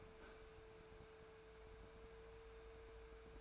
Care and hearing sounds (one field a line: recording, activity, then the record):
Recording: daily activity, microphone in the room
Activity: open fridge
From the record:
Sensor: 2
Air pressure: 1014.7 hPa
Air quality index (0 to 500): 191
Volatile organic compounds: 16 ppm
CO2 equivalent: 2525 ppm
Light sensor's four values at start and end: 28/68/29/32 and 28/68/29/32